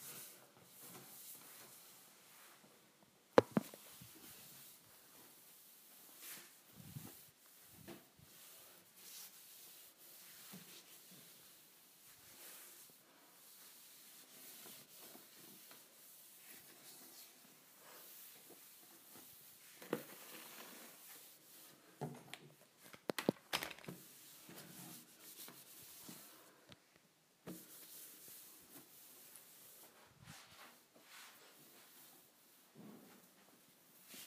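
Kitchen appliances being cleaned with steady soft rubbing and wiping, broken by occasional sharp knocks, the loudest near the start and around twenty-three seconds.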